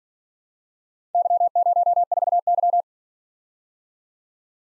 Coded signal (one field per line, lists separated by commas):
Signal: Morse code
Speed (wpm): 45 wpm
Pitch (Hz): 700 Hz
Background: none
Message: Y04Y